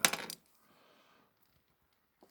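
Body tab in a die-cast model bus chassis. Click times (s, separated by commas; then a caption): 0.0 s. A small metal body tab is pulled out of its slot in a die-cast model bus chassis to separate the parts while the bus is being taken apart. It gives a sharp metallic tick at 0.05 s, followed by a brief rattle to about 0.35 s, quiet handling noise, and one faint tap near 2.2 s. The tab comes free and the parts are released.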